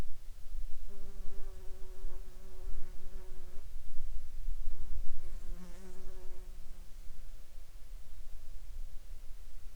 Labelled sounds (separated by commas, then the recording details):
insects
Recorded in the Arctic National Wildlife Refuge, Alaska, on 13 July 2019 at 21:30
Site 40